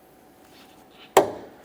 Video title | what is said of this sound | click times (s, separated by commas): How to Replace Hood Lift Supports 2004-2008 Ford F-150 5.4L | Listen for an audible click. | 1.2 s